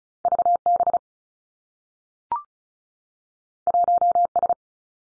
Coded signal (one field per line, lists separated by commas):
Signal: Morse code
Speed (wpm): 36 wpm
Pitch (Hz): 700 Hz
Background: none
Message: V B 1 S